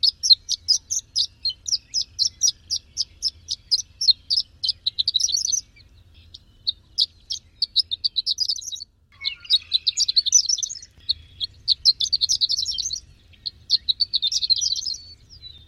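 Bird song: rapid series of high, sharp chirps in bursts, with brief pauses, then denser twittering phrases; faint low hum underneath.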